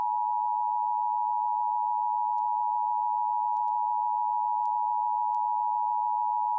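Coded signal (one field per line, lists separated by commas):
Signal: Emergency Alert System (SAME) tones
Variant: 853 and 960 Hz attention tone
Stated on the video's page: Required monthly test on a TV station, activated by a police communications center; tones only, no audio message.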